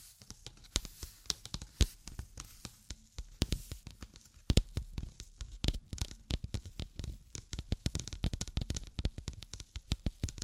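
Tapping and scratching sounds come in dense, irregular bursts of sharp clicks and rustles. The hits are crisp and bright, thinner in the opening seconds, with a few louder knocks near two and four and a half seconds, then growing busier and more frequent toward the end.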